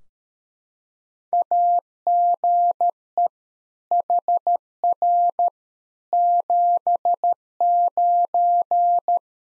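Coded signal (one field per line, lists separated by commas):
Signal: Morse code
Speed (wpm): 13 wpm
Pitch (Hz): 700 Hz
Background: none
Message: AGE HR 79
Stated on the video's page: One-sided practice QSO at 13 wpm for head-copy: each segment sent in Morse, spoken, then sent again.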